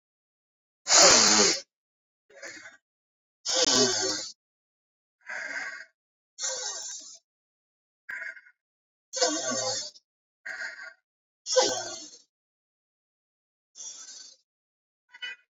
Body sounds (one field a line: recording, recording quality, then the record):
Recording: deep breathing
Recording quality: excellent, no background noise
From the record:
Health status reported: healthy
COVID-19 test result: negative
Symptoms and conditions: none ticked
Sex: male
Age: 33 years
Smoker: not ticked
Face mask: worn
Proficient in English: yes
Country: India